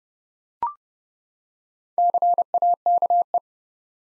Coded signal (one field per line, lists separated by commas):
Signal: Morse code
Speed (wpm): 30 wpm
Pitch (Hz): 700 Hz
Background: none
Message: CAKE